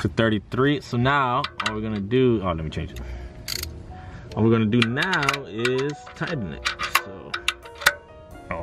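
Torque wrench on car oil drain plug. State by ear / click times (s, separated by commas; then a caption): torque reached / 7.9 s, 8.5 s. A click-type torque wrench set to about 33 ft-lb tightens the oil drain plug on a 2002 Subaru WRX while someone talks over background music. The wrench clicks at 7.9 s and again at 8.5 s, showing the plug has reached its torque setting.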